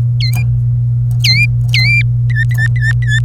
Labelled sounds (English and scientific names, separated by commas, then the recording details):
Domestic Canary (Serinus canaria) song
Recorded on 27 April 2018 at 08:08
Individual llb3